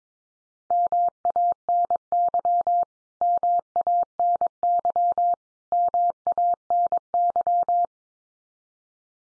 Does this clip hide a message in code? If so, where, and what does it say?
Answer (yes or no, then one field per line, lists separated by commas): yes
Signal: Morse code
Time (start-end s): 0.7-7.8 s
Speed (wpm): 22 wpm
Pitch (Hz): 700 Hz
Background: none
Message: MANY MANY MANY